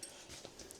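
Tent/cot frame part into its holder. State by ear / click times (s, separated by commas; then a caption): not seated / none. Someone fiddles with a tent or cot frame part, trying to fit it into its holder so it clicks in and holds in place. Only brief, faint knocks and rattles are heard over a soft background hiss. Nothing has clicked in yet; the part is not seated.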